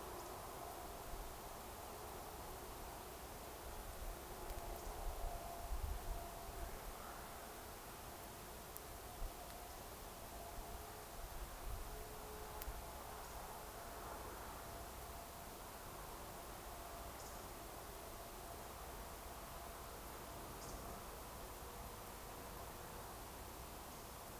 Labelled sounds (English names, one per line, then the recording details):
Eurasian Woodcock whistle
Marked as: whistle, whistle, whistle, whistle, whistle, whistle, whistle
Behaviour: display flight
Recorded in Baden-Württemberg, Germany, on 29 June 2020 at 02:28 UTC
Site 43791, 788 m above sea level